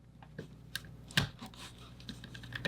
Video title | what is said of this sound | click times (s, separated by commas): Full Build of LEGO K-2SO™ Security Droid | There we go. snapped that time. | 1.2 s